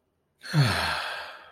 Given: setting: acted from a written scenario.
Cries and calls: vocal sound without words; contentment

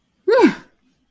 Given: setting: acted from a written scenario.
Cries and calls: vocal sound without words; triumph

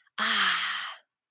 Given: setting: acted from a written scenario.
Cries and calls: vocal sound without words; realization

